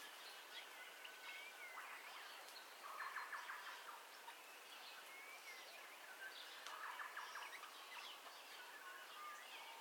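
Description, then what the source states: Birds calling in a dawn chorus, many overlapping chirps and whistles with short rapid trills, over a steady background hiss. Dawn ambience with birdcalls, recorded in stereo.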